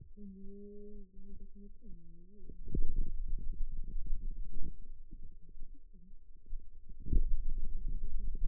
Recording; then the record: forearm muscle sounds (acoustic myography)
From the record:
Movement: finger pinch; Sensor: system 2, bracelet of six BSWA MPA416 microphones around the upper forearm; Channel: 2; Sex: male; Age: 22 years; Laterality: right